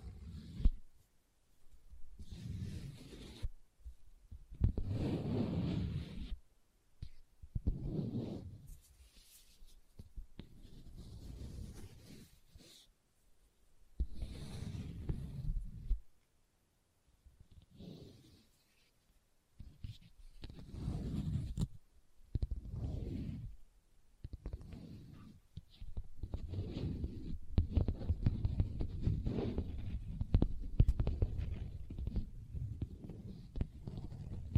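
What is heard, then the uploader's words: Dull scratching and tapping on leather comes in irregular bursts separated by silent gaps, growing denser and steadier in the final stretch. ASMR Leather Tapping & Scratching Sounds (No Talking).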